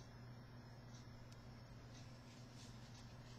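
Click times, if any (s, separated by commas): none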